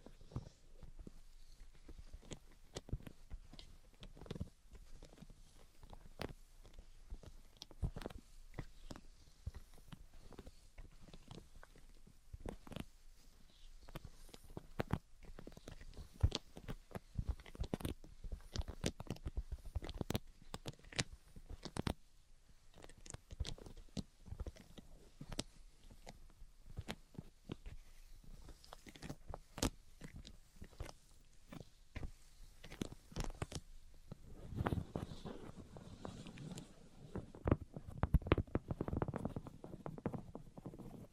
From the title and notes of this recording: Tapping, Scratching, and Tracing Sounds. (No Talking).